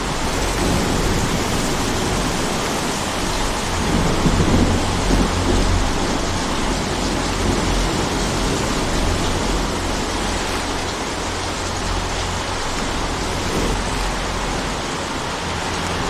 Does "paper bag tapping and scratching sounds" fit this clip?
no